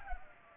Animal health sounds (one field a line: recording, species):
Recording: mosquito wingbeat signal from an infrared sensor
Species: Culex pipiens